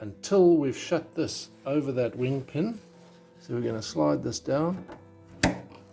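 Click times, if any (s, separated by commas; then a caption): 5.4 s. On an Extreme Flight Extra 300 EXP V3 78-inch RC model aircraft, the wing retaining latch on the fuselage is slid down over the wing pin while someone talks. A sharp click at 5.4 s marks the latch seating behind the pin, locking it so the wing can't come off.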